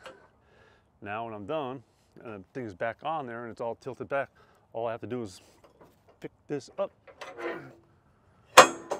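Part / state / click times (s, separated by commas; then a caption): tilt deck trailer locking latch/pin on the deck frame / seated / 8.6 s. Someone talks over quiet background while standing at a Load Trail tilt deck trailer, then lifts the steel locking pin or latch on the deck frame and lets it drop. A loud metallic clunk at 8.6 s marks the latch seating, locking the deck so it cannot tilt on the road.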